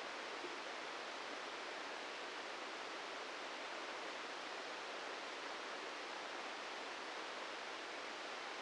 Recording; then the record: brain microelectrode recording played as sound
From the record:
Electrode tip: inside the subthalamic nucleus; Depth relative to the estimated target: -3 mm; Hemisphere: right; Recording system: NeuroSet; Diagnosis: Parkinson's disease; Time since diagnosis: 13 years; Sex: male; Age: 65 years